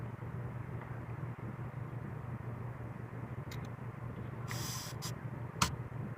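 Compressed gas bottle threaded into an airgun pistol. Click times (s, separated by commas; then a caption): 5.6 s. A compressed gas bottle is backed out and twisted back into a Valken M17 airgun pistol with a modified detent and sear spring/shim until it seats and the gun pressurizes. Over a steady low hum, a brief broadband hissing burst rises at about 4.5 s, followed by a sharp click at 5.6 s as the bottle seats home.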